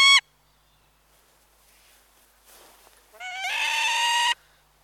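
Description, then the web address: Peregrine falcon: one clipped note, a quiet stretch, then a rising, harsh, drawn-out call lasting about a second. Close-range annoyance and chirrup calls. "BBC Falcons"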